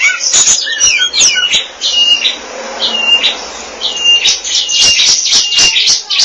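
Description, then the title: Oriental magpie-robin song, mixing quick chattering notes with repeated clear whistles held at one pitch, then a dense burst of sharp, scratchy phrases at the end. Kacer song. "Suara Kicauan Burung Kacer"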